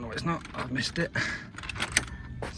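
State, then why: Seated. Someone talks while making a second attempt to lock a uPVC flush sash window in the night-vent position, with faint handling noises. The sash locking mechanism engages into the frame with a sharp click at 2.0 s, and the window stays locked but slightly open.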